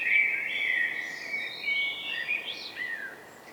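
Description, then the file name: Common blackbird giving a flowing series of fluty whistled notes with small upward flicks, fading at the end, over background hiss. "Turdus merula"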